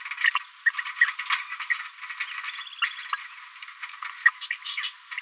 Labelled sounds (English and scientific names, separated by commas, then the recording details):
Green-rumped Parrotlet (Forpus passerinus) babbling
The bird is a female
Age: 30 days
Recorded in a nest box in Venezuela
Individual 17B73B2